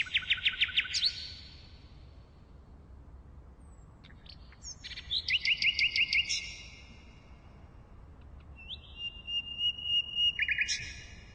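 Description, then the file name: Common nightingale song: separate phrases of rapid repeated notes, a fast trill and a long whistle, with pauses between phrases. "Nachtigall"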